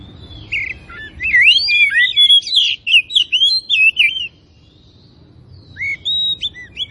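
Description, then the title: Oriental magpie-robin song, a rich medley of whistled, slurred and sharp notes in a long burst, a pause, then a shorter phrase; faint low background hum. Tretes variety of oriental magpie-robin, singing actively (gacor). "Kacer Tretes Gacor"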